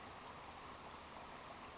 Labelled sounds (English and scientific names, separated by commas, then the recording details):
Western Flycatcher (Empidonax difficilis)
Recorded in Sonoma County, California